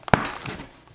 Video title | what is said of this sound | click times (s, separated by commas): Dagne Dover Small Vida Tote + Comparison | kind of unsnap so you can take it out if you'd like | 0.1 s